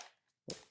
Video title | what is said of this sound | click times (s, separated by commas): Les MAGS GBBR les moins chers du marché valent-ils vraiment le coup ?(Vorsk) | J'aime bien parce qu'on doit le pousser un tout petit peu et on entend le clic. | 0.5 s